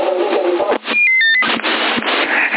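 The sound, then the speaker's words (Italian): A CB radio transmission beep heard on a CB radio session in Sassari, October 2021: a brief run of stepped electronic tones, rising and falling in pitch, set between stretches of harsh, hissy radio static. “Mi è sembrato quello che c'era l'altro giorno su 10 di produttore, se c'era il bip uguale.”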